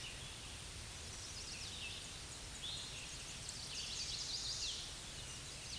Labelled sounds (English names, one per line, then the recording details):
Chestnut-sided Warbler song
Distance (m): 45 m
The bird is about 5 m above the microphone
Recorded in a Pennsylvania forest on 16 May 2024 at 07:52
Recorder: AudioMoth, point MSD-1482
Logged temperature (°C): 15.6 °C
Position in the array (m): 170 m, 175 m